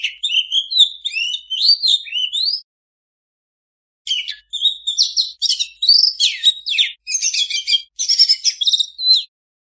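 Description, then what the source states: Oriental magpie-robin singing fast, sweet warbled phrases mixed with sharp chips and rising whistles, two long bursts separated by roughly a second and a half of silence. Master recording (masteran) of a vigorously singing (gacor) kacer, intended to be played for owners' kacer that do not sing (bisu).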